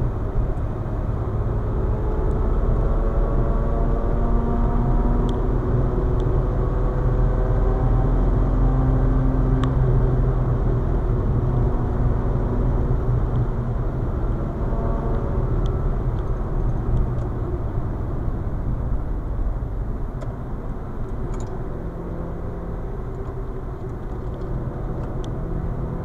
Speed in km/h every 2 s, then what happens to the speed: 125, 134, 143, 149, 143, 139, 129, 123, 107, 80, 75, 71, 73.
0-7 speeds up to 149. 7-19 brakes to 75. 19-26 steady at about 73.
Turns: 20-24.